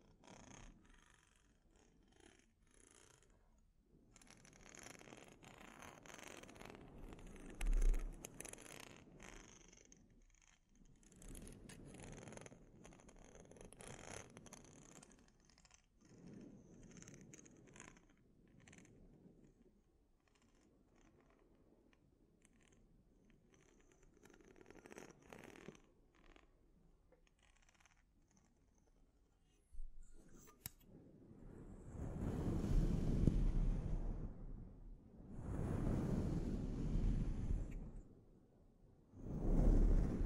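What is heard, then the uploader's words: A scalp treatment: soft rubbing and scratching strokes come in waves of a few seconds each, with brief quiet gaps between them. After about thirty seconds the strokes grow louder and fuller, arriving in three or four strong swells with a low, purring texture. ASMR Sleep Inducing Scalp Treatment (No Talking).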